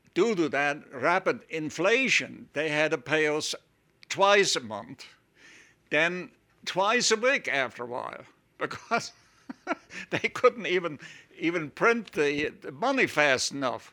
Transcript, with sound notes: due to that rapid inflation, they had to pay us twice a month, then twice a week after a while, because (he laughs) they couldn't even, even print the money fast enough.